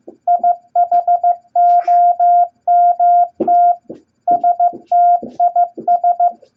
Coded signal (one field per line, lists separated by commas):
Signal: Morse code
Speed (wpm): 15 wpm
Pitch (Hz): 700 Hz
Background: none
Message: IHOMT STIS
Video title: Morse Code Practice Beginner Set EISHTMO At 15 Words Per Minute #3!